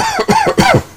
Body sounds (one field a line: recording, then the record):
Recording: coughing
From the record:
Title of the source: Dry Coughing Fit in the Afternoon.